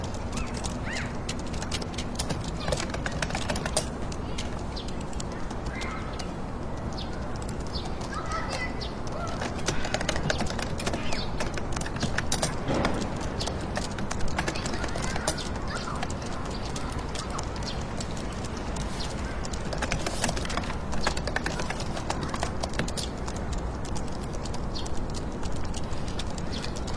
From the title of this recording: computer room, fingertip typing and urban white noise